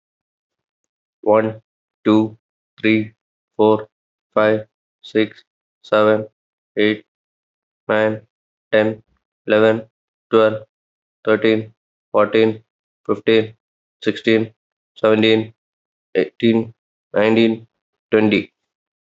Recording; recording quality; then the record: counting at a normal pace; excellent, no background noise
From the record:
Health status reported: healthy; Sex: male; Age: 32 years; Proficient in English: yes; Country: India